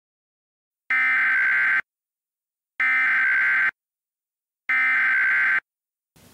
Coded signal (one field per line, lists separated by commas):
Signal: Emergency Alert System (SAME) tones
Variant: header bursts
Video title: EAS Scenario Story #2: PAW Patrol: Zuma's Fear